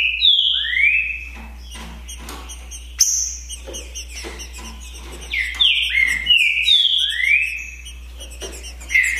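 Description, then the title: Green-winged saltator song, bright whistled slurs rising and falling, delivered in two bursts with a quieter stretch of clicks between them. Song contest (disputa) between two trinca-ferros, Naval versus Demolidor, 2022 season; birds calling, singing and 'macheando' in the dispute. "TRINCA Piando, Cantando E Macheando Na DISPUTA. DISPUTA DE TRINCA FERRO NAVAL VS DEMOLIDOR 2022! TEMPORADA 2022!"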